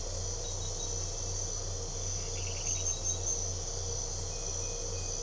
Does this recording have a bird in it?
no